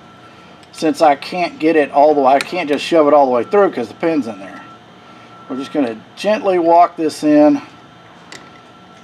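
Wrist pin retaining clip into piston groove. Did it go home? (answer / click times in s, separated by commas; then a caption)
yes / 8.3 s. On a Polaris Ranger 500 UTV engine top-end rebuild, a metal wrist-pin retaining clip is gently worked into its groove in the piston while someone talks. After the talking stops, a single short, sharp snap comes at 8.3 seconds as the clip goes into the groove and is fully seated.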